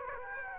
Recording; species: mosquito wingbeat signal from an infrared sensor; Aedes aegypti